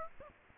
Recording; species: mosquito wingbeat signal from an infrared sensor; Aedes aegypti